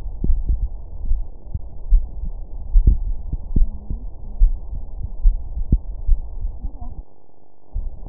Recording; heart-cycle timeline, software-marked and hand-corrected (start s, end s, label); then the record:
heart sounds
0.00	0.24	diastole
0.24	0.40	S1
0.40	0.58	systole
0.58	0.68	S2
0.68	1.08	diastole
1.08	1.22	S1
1.22	1.42	systole
1.42	1.50	S2
1.50	1.90	diastole
1.90	2.04	S1
2.04	2.24	systole
2.24	2.34	S2
2.34	2.74	diastole
2.74	2.86	S1
2.86	3.04	systole
3.04	3.16	S2
3.16	3.54	diastole
3.54	3.68	S1
3.68	3.88	systole
3.88	3.98	S2
3.98	4.40	diastole
4.40	4.54	S1
4.54	4.74	systole
4.74	4.84	S2
4.84	5.24	diastole
5.24	5.36	S1
5.36	5.56	systole
5.56	5.66	S2
5.66	6.08	diastole
6.08	6.20	S1
6.20	6.40	systole
6.40	6.50	S2
6.50	6.90	diastole
6.90	7.00	S1
7.00	7.22	systole
7.22	7.32	S2
7.32	7.76	diastole
7.76	7.88	S1
7.88	8.09	systole
From the record:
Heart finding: coronary artery disease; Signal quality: good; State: rest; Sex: male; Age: 64 years